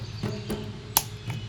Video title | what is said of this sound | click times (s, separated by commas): GIANT Jurassic World Camp Cretaceous Dinosaurs Collection! T Rex, I Rex, Spinosaurus, Scorpios Rex | clicks right in there we go all right here is the ceratosaurus | 1.0 s